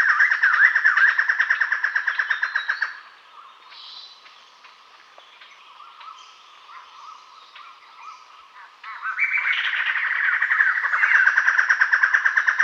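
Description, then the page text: White-necked laughingthrush giving a fast, harsh chattering rattle for about three seconds, then softer scattered chatter, before the loud rapid rattle resumes and runs to the end. "White-Necked Laughingthrush Call. Quick Sounds"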